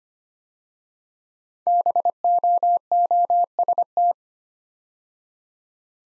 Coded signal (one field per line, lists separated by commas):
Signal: Morse code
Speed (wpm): 25 wpm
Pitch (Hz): 700 Hz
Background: none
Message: BOOST